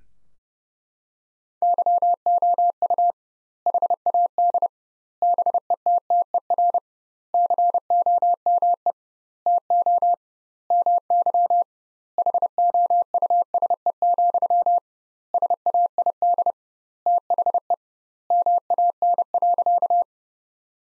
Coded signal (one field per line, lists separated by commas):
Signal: Morse code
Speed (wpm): 30 wpm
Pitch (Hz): 700 Hz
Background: none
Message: YOU HAD BETTER COME TO MY HOUSE, SAID THE MAN.